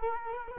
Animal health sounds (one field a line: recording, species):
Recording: mosquito wingbeat signal from an infrared sensor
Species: Culex quinquefasciatus